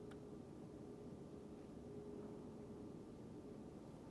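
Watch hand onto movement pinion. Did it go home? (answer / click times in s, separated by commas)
no / none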